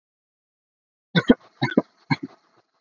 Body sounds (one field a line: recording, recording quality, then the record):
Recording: heavy voluntary cough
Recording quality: poor, much background noise or distortion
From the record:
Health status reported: respiratory illness, not identified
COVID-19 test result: negative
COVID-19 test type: RT-PCR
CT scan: not taken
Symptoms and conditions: cough, fever, muscle pain, another respiratory illness, another condition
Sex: female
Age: 27 years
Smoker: no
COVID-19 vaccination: both doses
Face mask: worn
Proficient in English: yes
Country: India